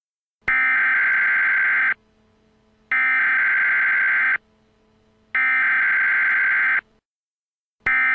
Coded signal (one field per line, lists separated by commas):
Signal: Emergency Alert System (SAME) tones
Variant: header bursts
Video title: the emergency alert system morning doe 445